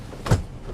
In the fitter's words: simply presses up locks